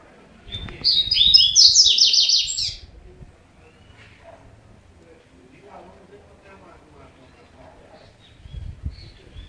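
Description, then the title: Double-collared seedeater singing a bright, hurried, high-pitched warbled phrase near the start, then a quiet stretch with soft background noise and a low thump at the end. "Canto Coleiro"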